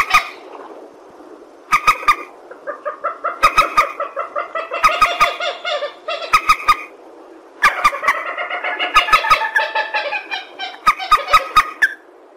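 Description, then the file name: Purple swamphen giving bursts of nasal, harmonic honking calls in rapid series, broken by pauses, with sharp clicks scattered throughout. "tieng trich re keu"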